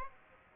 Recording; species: mosquito wingbeat signal from an infrared sensor; Aedes aegypti